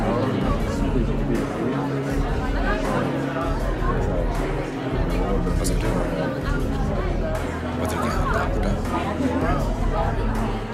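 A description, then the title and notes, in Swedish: Bar murmur: many voices talking at once in a dense, steady babble that never lets up across the whole stretch. A few short bright clicks or clinks poke through now and then, around the first second, near the middle and toward the end. Baren. En timme sorlande barljud.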